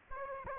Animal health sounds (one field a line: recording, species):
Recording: mosquito wingbeat signal from an infrared sensor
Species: Aedes aegypti